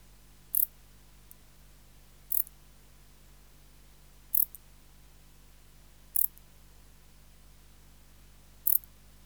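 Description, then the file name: Wart-biter song as sparse, crisp high-pitched clicks, five in total, spaced about two seconds apart, against a soft low background hum. "Bio Acoustica. Decticus verrucivorus"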